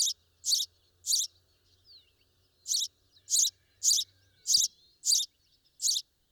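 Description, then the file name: House sparrow chirps, short bright notes repeated in an irregular series of about nine, with a brief pause after the third note. "Passer domesticus"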